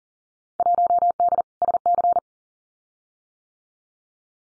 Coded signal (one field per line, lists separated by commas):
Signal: Morse code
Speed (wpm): 40 wpm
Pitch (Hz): 700 Hz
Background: none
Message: 1D SC